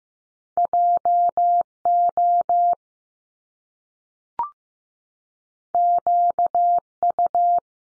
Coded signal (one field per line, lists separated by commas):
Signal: Morse code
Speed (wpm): 15 wpm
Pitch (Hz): 700 Hz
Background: none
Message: J O Q U